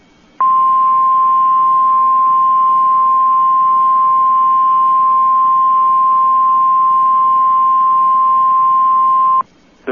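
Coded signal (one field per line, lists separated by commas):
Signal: Emergency Alert System (SAME) tones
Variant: 1050 Hz attention tone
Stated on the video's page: EAS activation for a flash flood warning from the National Weather Service in Chicago covering Cook, DuPage and Lake counties, Illinois.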